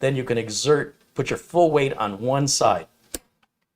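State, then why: Seated. A RAM module is pressed with the thumbs into a motherboard DIMM memory slot, with full weight on one side first, while someone talks. After the talking stops, a sharp click at 3.2 s marks the module latching into the slot, and it is seated.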